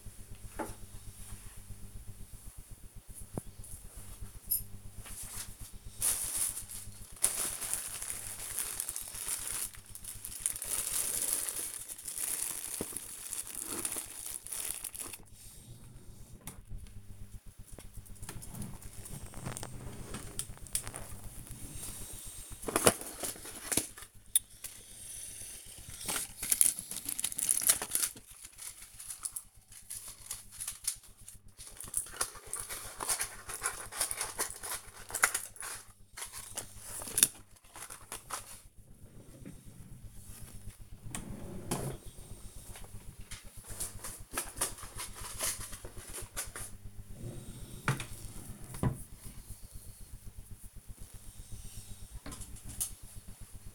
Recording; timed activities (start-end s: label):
household activities, microphone on the right wrist
0.00-15.69 s: tidy up the cupboard
19.72-53.75 s: tidy up the cupboard